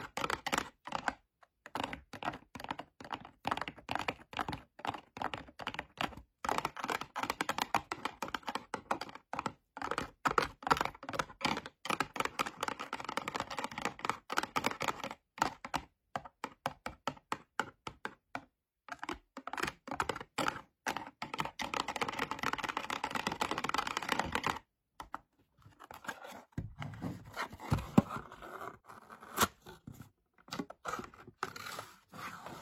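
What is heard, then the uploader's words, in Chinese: Fingernails tap and click in quick, dense bursts, with brisk fingertip strokes in between, crisp like typing on keys. The tapping runs nearly nonstop, pausing briefly around 25 seconds before sparser, sharper clicks resume. 指甲触发！指尖滑动、敲击音。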